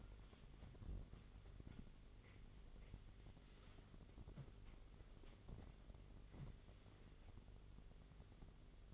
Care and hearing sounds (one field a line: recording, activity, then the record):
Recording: daily activity, microphone in the room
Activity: wipe stove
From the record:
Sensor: 4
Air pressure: 1004.0 hPa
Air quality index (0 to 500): 157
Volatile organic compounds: 2 ppm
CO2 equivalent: 1118 ppm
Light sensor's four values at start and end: 13/29/12/13 and 12/29/12/13